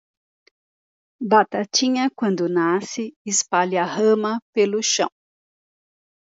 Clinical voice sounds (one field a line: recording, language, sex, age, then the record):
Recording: short text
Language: Brazilian Portuguese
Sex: female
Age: 60 to 69 years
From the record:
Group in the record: control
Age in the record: 67 years